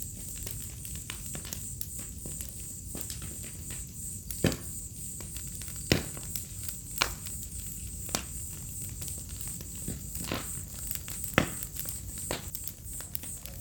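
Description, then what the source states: Crickets keep up an unbroken high-pitched trill while a wood fire crackles and snaps at irregular moments over a soft low rumble. Symphony of crickets on an autumn night beside a crackling bonfire, in a village in the middle of Mata Atlântica rainforest.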